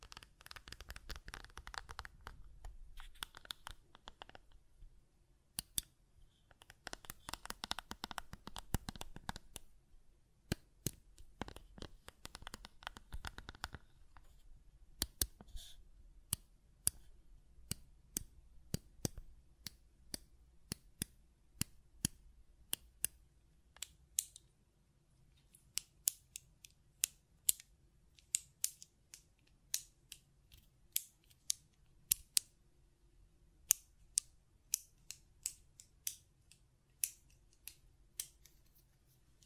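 Button clicking and tapping, heard as sharp, bright clicks that come in irregular bursts. The first half has dense, rattling clusters of taps with a low rumble underneath; after about 25 seconds the clicks become sparser, crisper single snaps over a faint steady hum.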